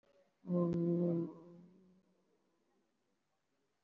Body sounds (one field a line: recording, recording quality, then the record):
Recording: sustained vowel as in boot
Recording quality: excellent, no background noise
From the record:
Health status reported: respiratory illness, not identified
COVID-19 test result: not tested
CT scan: taken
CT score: 0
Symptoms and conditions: cough, cold, pneumonia, hypertension, diabetes, another condition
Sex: female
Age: 68 years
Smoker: no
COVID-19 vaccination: none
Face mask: not worn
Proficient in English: no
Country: India